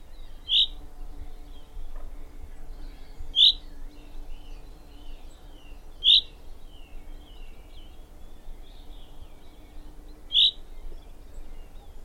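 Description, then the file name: Common chaffinch calling with four brief, bright, high chips at uneven intervals, faint softer chirps between them, and steady low rumble underneath. "Fringilla coelebs"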